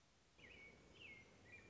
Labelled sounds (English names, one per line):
American Robin